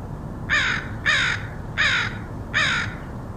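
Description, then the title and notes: Crow uttering a series of four harsh, buzzy caws at an even pace over a soft low rumble. Crows recorded in Portland, Oregon, August 2003. "Crows of Portland. Crows recorded by Dan Bodah in Portland, OR, August 2003"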